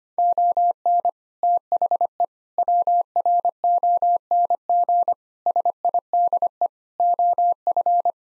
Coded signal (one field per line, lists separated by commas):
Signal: Morse code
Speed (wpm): 25 wpm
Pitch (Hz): 700 Hz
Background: none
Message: ON THE WRONG SIDE OF